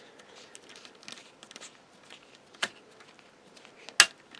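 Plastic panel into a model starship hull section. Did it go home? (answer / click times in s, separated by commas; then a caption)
yes / 4.0 s. A plastic hull panel on a Fanhome Enterprise D scale starship model kit is pressed into position on a hull section after it did not seem to line up, amid soft crinkly handling noise and a smaller sharp tick at about 2.6 s. A loud, sharp snap at 4.0 s marks the panel seating into place.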